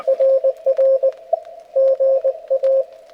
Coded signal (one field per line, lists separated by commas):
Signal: Morse code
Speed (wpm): 21 wpm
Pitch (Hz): 530 Hz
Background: radio noise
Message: RR GA